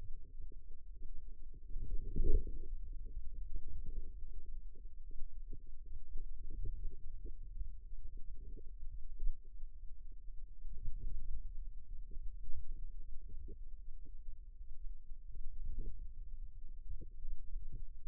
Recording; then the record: forearm muscle sounds (acoustic myography)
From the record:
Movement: wrist flexion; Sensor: system 2, bracelet of six BSWA MPA416 microphones around the upper forearm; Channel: 6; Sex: female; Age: 22 years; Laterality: right